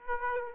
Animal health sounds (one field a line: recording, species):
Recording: mosquito wingbeat signal from an infrared sensor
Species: Aedes aegypti